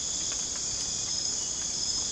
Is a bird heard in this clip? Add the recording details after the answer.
no. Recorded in dense forest near Puerto Asís, Putumayo, Colombia, on 25 June 2025 at 02:30. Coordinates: 0.486, -76.317. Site G065